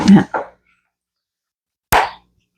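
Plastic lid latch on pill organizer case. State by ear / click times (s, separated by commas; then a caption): seated / 1.9 s. Someone talks briefly, then the plastic lid of a pill organizer case is pressed closed and latches shut with a loud, sharp click at 1.9 seconds. The lid is seated and won't open again easily.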